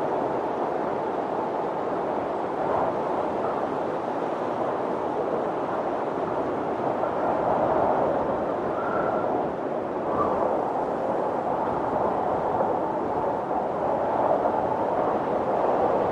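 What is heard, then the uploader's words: Soft, steady wind rushes through trees in a snowy countryside, a dense low roar with faint brief whistles near nine and ten seconds. Snowy Countryside. Sounds of a countryside during a snowstorm - soft winds blowing through the trees.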